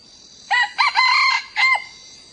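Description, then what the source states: Red junglefowl crow: a clipped four-part cock-a-doodle phrase with a drawn-out third syllable and a brief final note. Young male crowing.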